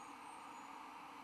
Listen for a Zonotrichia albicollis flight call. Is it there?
no